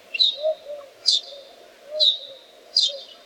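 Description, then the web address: Bird calls: four short bright high chirps with a drawn-out tail, about one a second, over soft lower notes. "musicradar outdoor-samples Birds"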